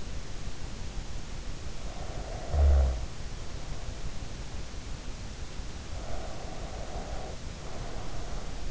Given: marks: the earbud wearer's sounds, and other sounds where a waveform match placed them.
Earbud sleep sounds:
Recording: sounds in sleep by an in-ear microphone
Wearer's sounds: snoring breath, breath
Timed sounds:
1.96-3.97 s: snoring breath
6.12-8.71 s: breath

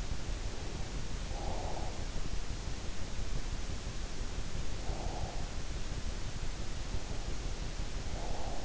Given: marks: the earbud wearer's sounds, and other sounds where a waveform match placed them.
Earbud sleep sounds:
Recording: sounds in sleep by an in-ear microphone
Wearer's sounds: breath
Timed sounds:
0.36-2.13 s: breath
3.93-5.45 s: breath
6.95-8.65 s: breath

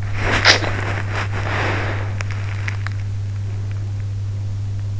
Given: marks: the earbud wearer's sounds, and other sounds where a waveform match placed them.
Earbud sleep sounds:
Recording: sounds in sleep by an in-ear microphone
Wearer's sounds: body movement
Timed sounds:
0.00-3.66 s: body movement

